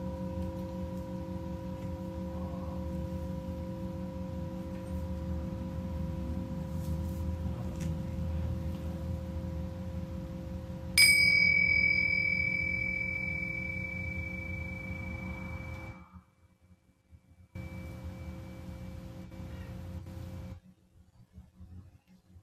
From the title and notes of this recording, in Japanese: 深夜のシンギングボウルのサウンドヒーリング。チベタンシンギングボウル。